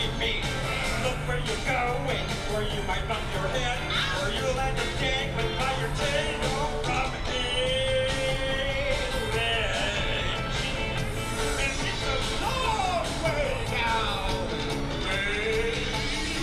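A walk through Animal Kingdom: a steady, dense crowd of overlapping voices, with occasional shouts and rising whoops over a constant low rumble.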